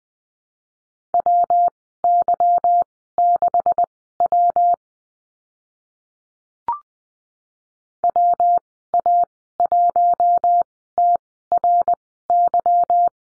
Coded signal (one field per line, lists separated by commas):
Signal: Morse code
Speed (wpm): 20 wpm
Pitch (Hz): 700 Hz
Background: none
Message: WY6W WA1TRY